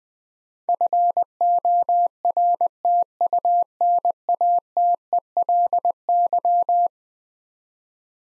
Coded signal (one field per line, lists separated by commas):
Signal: Morse code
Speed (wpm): 20 wpm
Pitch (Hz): 700 Hz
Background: none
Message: FORTUNATELY